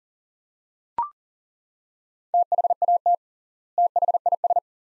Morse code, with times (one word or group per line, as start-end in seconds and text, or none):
2.3-3.1 THAT
3.8-4.6 THIS